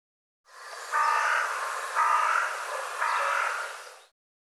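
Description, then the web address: Bird rasping calls: three hoarse, breathy notes, evenly spaced, within a continuous hiss. "cianscape birddata Deverinetal 2025 File cleaned normalized Bird"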